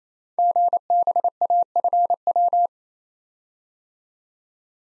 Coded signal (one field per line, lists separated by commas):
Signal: Morse code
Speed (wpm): 28 wpm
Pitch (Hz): 700 Hz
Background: none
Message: GBAFW